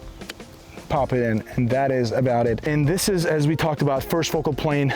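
A metal pop-up turret cap on a rifle scope is pushed back down after adjustments and locks into place with a short, sharp click at 0.3 s. A softer knock follows at 0.4 s. Someone then talks over quiet background music.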